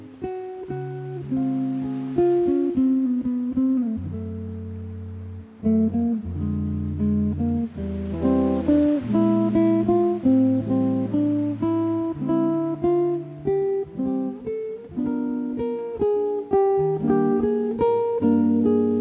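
A classical guitar improvises at an easy pace, low bass notes ringing under a plucked melody that grows busier after about twelve seconds. Soft washes of sea noise swell faintly behind it, once near the start and again around eight seconds.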